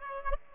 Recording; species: mosquito wingbeat signal from an infrared sensor; Aedes aegypti